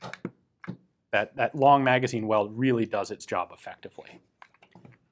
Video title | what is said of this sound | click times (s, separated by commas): Sudayev's PPS-43: Submachine Gun Simplicity Perfected | It locks in place securely. | 0.6 s